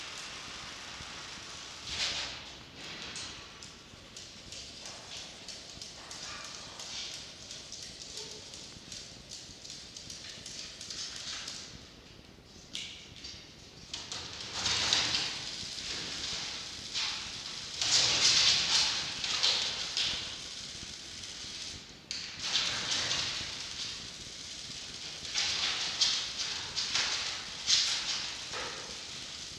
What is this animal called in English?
Red Fox